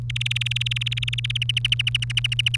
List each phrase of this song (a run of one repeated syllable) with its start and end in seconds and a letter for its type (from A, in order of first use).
0.10-1.37 A, 1.42-2.56 B